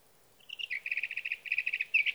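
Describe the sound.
Sage thrasher song: a rapid string of repeated notes, briefly broken and resumed, ending in a sharp whistled phrase, over a faint background hiss.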